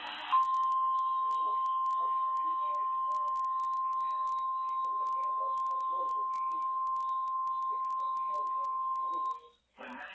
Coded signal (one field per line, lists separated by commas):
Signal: Emergency Alert System (SAME) tones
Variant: 1050 Hz attention tone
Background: speech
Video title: Miami ain't done yet... (5/31/24) (New EAS 478)